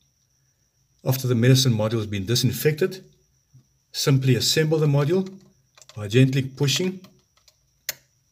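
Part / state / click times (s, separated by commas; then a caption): medicine module into nebulizer body / seated / 7.9 s. After disinfection, a plastic medicine module is pushed gently back onto the body of a portable mesh nebulizer while someone talks. A couple of faint ticks come just before a single sharp click at 7.9 s, as the module firmly locks into place.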